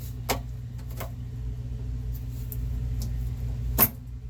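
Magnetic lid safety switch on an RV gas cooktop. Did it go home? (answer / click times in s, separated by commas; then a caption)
yes / 0.3 s. The magnet switch part of the lid safety switch on a Furrion RV gas cooktop is slid into place and gives a single sharp click at 0.3 s as it makes contact and seats. A few fainter ticks follow over a steady low hum.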